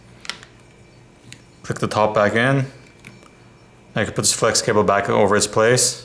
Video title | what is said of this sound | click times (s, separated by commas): Motorola Moto Z2 Force XT1789 Disassembly Teardown Repair Video | for the bottom and first make sure it's been clicked in place click | 0.2 s, 0.3 s